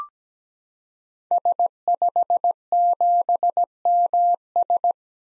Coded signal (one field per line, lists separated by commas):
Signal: Morse code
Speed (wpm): 17 wpm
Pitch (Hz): 700 Hz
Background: none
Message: S57MS